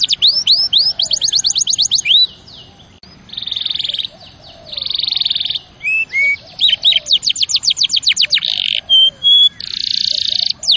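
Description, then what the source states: Canary song mixing fast chip trills, long buzzy rolls, clear pure whistled notes and further rapid tours. Champion canary song used as a master recording for training other birds.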